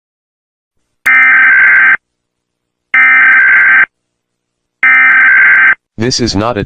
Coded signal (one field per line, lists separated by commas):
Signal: Emergency Alert System (SAME) tones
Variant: header bursts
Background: speech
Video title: All EAS Alarms of the Brazilian States